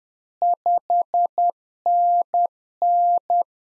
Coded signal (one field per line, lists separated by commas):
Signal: Morse code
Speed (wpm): 10 wpm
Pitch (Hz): 700 Hz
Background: none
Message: 5NN